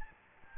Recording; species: mosquito wingbeat signal from an infrared sensor; Aedes albopictus